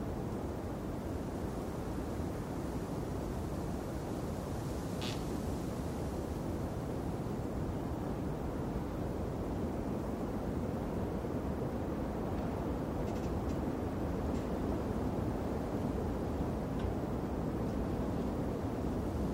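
Strong, blustery wind roars steadily throughout, a dense, low rumble with little change in loudness. Faint brief rustling ticks come through higher up, a sharp one near five seconds and a few scattered ones between about thirteen and seventeen seconds.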